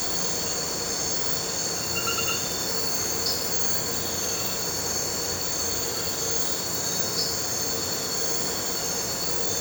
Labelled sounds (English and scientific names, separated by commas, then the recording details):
none
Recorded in pastures near Puerto Asís, Putumayo, Colombia, on 4 March 2025 at 01:00
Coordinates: 0.466, -76.322
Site CSA-02